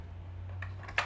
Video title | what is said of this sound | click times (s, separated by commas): Mystery Toygunner - Toy Double Barrel Shotgun Review | it back until you hit that click | 1.0 s